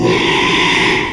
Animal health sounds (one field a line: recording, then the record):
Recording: squeal of a Yucatan mini pig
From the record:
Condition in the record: after surgery on the right vocal fold (resection and tissue-engineered implant)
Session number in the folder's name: 1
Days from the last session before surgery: 6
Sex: male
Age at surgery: 12 weeks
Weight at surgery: 13 kg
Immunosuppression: cyclosporine, prednisolone